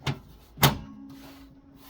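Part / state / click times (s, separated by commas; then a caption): side panel onto desktop computer case / seated / 0.6 s. A metal side panel is hooked into its slots on a Dell Precision 3630 mini tower desktop case, pushed down, and pressed shut. A short knock sounds at 0.1 s, then a louder sharp click at 0.6 s as the panel locks into place. A faint steady hum follows.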